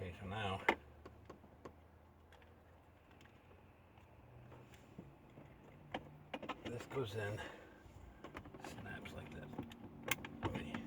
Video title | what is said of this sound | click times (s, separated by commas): 2002-2006 Honda CRV How-to Disassemble and Install Center Dash Console Panels | snapped in place okay remember | 10.1 s